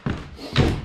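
A wooden floor plank, after being repositioned, drops into the click joint of the adjacent plank. A light click sounds at 0.1 s, then a louder, heavier thunk at 0.6 s as it locks into place. The plank is seated.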